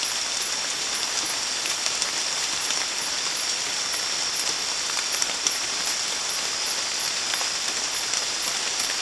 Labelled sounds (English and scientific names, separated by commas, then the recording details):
none
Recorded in dense forest near Puerto Asís, Putumayo, Colombia, on 8 March 2025 at 02:30
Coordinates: 0.503, -76.323
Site GP09